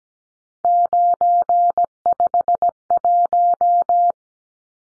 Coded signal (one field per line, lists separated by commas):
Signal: Morse code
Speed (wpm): 17 wpm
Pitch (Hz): 700 Hz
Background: none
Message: 951